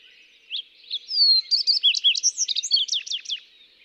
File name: Fox Sparrow